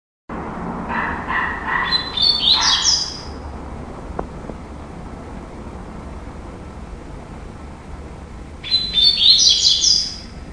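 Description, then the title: Double-collared seedeater song: a phrase opening with lower buzzy notes that runs into high, rapid twittering, then later a second high twittering phrase, with a sharp click between. "Canto Coleiro"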